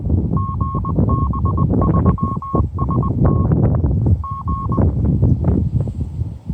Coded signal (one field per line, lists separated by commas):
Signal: Morse code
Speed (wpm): 19 wpm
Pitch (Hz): 1090 Hz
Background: none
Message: GB3ST G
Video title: Overnight camping with the family and chance to try AMATEUR RADIO Peak District England